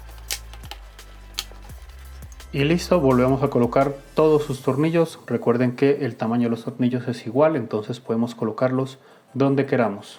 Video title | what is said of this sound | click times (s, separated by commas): Upgrade Laptop💻HP Serie 15-BS000LA - Instalar/Cambiar SSD en M.2, Memoria RAM y HDD/SSD de 2.5" | chỉ cần nhấn cho đến khi bạn nghe thấy tiếng tách của nó. | 0.3 s, 0.7 s, 1.4 s